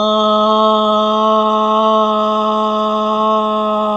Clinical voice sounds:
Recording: sustained vowel /a/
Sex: male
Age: 60 to 69 years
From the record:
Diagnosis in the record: amyotrophic lateral sclerosis, bulbar onset 16 months earlier, bulbar signs present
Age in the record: 69 years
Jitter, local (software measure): 0.51%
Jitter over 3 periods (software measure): 0.31%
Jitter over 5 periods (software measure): 0.32%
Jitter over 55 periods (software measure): 0.43%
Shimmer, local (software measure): 7.4%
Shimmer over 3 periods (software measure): 4.3%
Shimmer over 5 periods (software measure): 5.0%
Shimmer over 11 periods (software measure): 5.1%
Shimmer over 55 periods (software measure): 7.2%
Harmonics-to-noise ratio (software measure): 12.0 dB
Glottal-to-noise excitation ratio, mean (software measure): 0.92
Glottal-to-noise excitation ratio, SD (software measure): 0.024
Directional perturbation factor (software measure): 76.9%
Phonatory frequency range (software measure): 0.07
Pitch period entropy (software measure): 0.39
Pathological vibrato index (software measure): 0.47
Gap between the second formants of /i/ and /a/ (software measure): 48 Hz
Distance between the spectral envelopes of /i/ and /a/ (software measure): 2.5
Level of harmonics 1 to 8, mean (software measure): -7.7, -9.8, -4.2, -11.5, -4.6, -9.3, -49.1, -39.4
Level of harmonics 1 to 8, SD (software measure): 0.9, 1.7, 1.9, 3.1, 2.6, 3.1, 6.7, 3.8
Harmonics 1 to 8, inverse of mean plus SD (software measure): 0.116, 0.087, 0.162, 0.069, 0.141, 0.081, 0.018, 0.023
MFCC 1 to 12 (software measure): -4.6, -8.4, -24.6, 15.4, -11.5, -13.3, -1.4, -5.3, -12.6, -18.9, -0.7, -2.2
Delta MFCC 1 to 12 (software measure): -0.003, -0.002, 0.019, -0.015, 0.034, -0.018, 0.016, -0.001, 0.022, 0.009, -0.016, 0.019

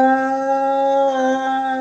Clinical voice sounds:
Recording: sustained vowel /a/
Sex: female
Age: 60 to 69 years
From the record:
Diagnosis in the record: healthy control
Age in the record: 67 years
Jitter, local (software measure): 0.38%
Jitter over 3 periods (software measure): 0.25%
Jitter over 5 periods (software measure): 0.25%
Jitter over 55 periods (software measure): 0.42%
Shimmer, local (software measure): 4.1%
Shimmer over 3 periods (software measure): 2.1%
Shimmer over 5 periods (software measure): 2.5%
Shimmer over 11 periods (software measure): 3.4%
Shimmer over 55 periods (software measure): 10.9%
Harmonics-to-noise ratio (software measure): 15.4 dB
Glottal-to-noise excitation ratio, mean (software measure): 0.90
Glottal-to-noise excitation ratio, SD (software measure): 0.033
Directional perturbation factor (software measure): 65.9%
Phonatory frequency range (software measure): 0.12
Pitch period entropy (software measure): 0.29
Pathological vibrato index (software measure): 0.33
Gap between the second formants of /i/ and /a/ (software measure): 934 Hz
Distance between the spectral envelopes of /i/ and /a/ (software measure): 12.6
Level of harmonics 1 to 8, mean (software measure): -13.3, -10.2, -6.9, -34.7, -25.0, -22.8, -32.1, -46.7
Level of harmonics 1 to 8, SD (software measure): 3.7, 6.6, 2.8, 10.0, 6.5, 7.3, 3.7, 8.4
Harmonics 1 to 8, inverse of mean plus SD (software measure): 0.059, 0.059, 0.103, 0.022, 0.032, 0.033, 0.028, 0.018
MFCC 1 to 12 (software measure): -3.6, -13.6, -14.2, -6.1, -12.7, 8.1, -11.9, -21.0, -7.0, 4.7, -1.6, -1.7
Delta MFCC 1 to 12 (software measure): -0.003, 0.029, 0.012, 0.011, -0.028, 0.040, 0.026, 0.001, -0.007, 0.008, 0.035, 0.018

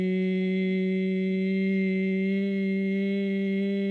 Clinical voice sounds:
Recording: sustained vowel /i/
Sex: male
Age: 30 to 39 years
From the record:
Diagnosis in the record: healthy control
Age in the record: 38 years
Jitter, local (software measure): 0.20%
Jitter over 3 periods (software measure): 0.13%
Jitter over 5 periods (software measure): 0.15%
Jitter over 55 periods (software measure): 0.31%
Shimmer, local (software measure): 1.5%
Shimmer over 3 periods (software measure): 0.8%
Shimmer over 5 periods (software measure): 1.0%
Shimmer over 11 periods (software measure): 1.3%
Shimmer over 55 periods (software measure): 2.0%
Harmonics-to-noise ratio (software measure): 25.0 dB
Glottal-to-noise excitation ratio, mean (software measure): 0.92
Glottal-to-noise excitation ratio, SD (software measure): 0.022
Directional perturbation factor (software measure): 62.9%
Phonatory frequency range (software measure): 0.12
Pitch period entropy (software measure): 0.45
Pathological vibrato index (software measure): 0.20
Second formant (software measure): 2120 Hz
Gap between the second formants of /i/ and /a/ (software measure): 580 Hz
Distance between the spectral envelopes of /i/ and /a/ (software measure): 10.1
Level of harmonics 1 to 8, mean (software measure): -1.9, -7.7, -21.1, -43.7, -62.0, -52.6, -55.9, -47.1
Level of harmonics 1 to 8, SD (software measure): 0.6, 0.9, 1.3, 4.4, 6.1, 3.7, 6.6, 3.5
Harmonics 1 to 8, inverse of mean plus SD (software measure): 0.396, 0.116, 0.045, 0.021, 0.015, 0.018, 0.016, 0.020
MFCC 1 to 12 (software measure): -4.8, 17.8, -0.6, -29.4, -9.4, -4.0, -14.4, -2.1, -14.2, -17.5, -3.2, -11.5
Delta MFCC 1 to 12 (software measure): -0.001, -0.004, -0.004, -0.003, -0.011, 0.016, 0.015, -0.012, -0.009, -0.004, -0.003, -0.005

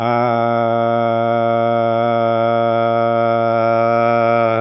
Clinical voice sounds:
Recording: sustained vowel /a/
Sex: male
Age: 60 to 69 years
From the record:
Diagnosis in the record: healthy control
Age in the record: 60 years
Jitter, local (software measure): 0.39%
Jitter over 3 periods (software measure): 0.20%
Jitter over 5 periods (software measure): 0.23%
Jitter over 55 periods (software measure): 0.64%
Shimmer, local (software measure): 2.3%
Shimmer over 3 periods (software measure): 1.2%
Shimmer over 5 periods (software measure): 1.5%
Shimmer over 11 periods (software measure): 2.0%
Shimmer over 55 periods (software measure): 3.1%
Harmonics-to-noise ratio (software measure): 12.7 dB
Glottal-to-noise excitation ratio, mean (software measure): 0.95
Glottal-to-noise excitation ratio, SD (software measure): 0.020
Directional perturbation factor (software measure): 69.4%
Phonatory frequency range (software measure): 0.14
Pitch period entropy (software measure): 1.02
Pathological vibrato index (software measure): 0.47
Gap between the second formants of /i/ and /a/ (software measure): 1394 Hz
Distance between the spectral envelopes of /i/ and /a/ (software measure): 10.5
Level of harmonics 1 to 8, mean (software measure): -12.1, -10.1, -11.2, -12.7, -2.2, -3.6, -18.9, -18.2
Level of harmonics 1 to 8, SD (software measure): 0.6, 1.0, 0.7, 1.4, 1.4, 0.8, 3.9, 1.2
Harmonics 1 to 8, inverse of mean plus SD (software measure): 0.078, 0.090, 0.084, 0.071, 0.284, 0.229, 0.044, 0.051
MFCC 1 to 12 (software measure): -1.2, -8.5, -9.1, -3.0, -3.3, 2.2, 4.1, 2.0, -20.7, -1.2, 10.3, -8.9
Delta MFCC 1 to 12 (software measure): 0.003, -0.002, 0.005, -0.016, -0.011, 0.001, 0.014, 0.021, -0.018, 0.009, -0.012, 0.007

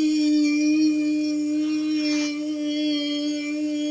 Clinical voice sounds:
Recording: sustained vowel /i/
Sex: female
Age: 50 to 59 years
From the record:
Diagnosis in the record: amyotrophic lateral sclerosis, spinal onset 25 months earlier, no bulbar signs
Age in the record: 53 years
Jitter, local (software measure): 0.34%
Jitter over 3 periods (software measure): 0.22%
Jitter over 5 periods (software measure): 0.25%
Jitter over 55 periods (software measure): 0.41%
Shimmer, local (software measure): 4.0%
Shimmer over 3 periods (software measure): 2.2%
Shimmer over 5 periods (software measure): 2.6%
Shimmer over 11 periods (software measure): 2.9%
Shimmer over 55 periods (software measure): 7.2%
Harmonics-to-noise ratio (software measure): 20.5 dB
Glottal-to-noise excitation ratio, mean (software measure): 0.89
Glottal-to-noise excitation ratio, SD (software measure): 0.031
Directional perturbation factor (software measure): 64.0%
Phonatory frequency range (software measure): 0.10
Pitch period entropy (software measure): 0.87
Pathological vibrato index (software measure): 0.23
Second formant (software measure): 2526 Hz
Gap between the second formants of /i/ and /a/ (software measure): 1200 Hz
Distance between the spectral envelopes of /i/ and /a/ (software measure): 12.0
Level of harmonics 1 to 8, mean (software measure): -6.3, -25.3, -52.1, -45.9, -51.2, -48.5, -38.7, -28.7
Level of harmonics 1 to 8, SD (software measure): 2.8, 5.4, 5.8, 8.1, 6.8, 7.2, 6.8, 6.4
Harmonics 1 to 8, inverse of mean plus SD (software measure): 0.110, 0.033, 0.017, 0.019, 0.017, 0.018, 0.022, 0.029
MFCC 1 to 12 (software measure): -7.6, 8.8, -9.4, -20.9, -13.1, -19.2, -7.4, -4.4, -10.6, -2.0, 11.6, 12.2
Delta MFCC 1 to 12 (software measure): 0.000, 0.005, -0.008, -0.023, 0.009, 0.023, 0.009, 0.000, -0.013, -0.048, 0.009, -0.005

